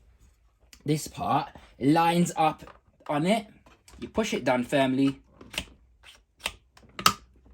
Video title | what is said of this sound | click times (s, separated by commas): UNBOXING - Dyson Ball Animal UP32 | and it clicks into place. That is now secure. | 7.1 s